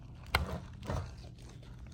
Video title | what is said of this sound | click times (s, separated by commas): 2010 Scion XB Android Radio Install | should hear a click | 0.4 s